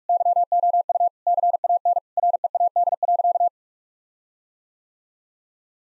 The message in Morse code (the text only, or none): YOU CAN READ.